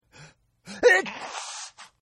Sneeze.